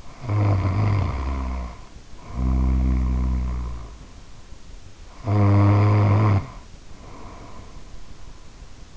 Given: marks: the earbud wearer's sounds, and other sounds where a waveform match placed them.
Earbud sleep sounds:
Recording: sounds in sleep by an in-ear microphone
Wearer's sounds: snoring breath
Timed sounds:
0.00-4.39 s: snoring breath
5.26-8.23 s: snoring breath

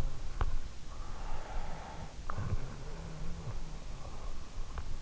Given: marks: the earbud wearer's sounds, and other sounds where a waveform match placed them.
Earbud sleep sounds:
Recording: sounds in sleep by an in-ear microphone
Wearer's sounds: breath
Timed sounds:
0.00-3.68 s: sound from someone else or the room
1.05-4.02 s: breath

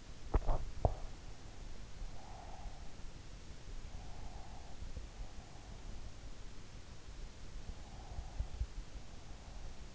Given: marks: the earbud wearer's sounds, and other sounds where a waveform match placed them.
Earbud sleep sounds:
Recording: sounds in sleep by an in-ear microphone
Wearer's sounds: teeth grinding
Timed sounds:
0.00-1.55 s: teeth grinding

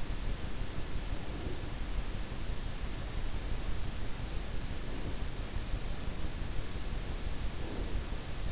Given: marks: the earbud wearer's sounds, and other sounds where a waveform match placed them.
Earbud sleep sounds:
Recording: sounds in sleep by an in-ear microphone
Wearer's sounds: breath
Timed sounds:
1.22-1.77 s: breath
7.46-8.04 s: breath

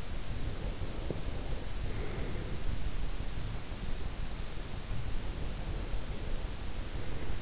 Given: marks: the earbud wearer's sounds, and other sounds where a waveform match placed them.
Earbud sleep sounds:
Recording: sounds in sleep by an in-ear microphone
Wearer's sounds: breath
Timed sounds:
0.49-2.58 s: breath
5.15-7.42 s: breath

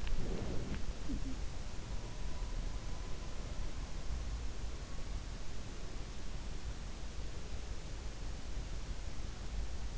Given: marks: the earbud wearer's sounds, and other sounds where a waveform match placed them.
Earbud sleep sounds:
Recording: sounds in sleep by an in-ear microphone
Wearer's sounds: breath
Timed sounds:
0.00-0.89 s: breath
1.06-1.64 s: sound from someone else or the room

